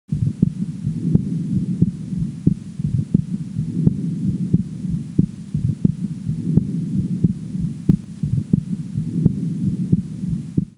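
A child's heart heard through a stethoscope: low, throbbing heartbeats with a functional (innocent) murmur.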